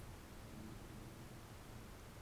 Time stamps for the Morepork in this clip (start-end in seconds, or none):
none